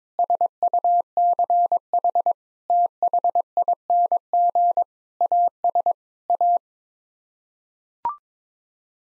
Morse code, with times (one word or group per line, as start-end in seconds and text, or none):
0.2-2.3 SUCH
2.7-4.8 THING
5.2-5.9 AS
6.3-6.6 A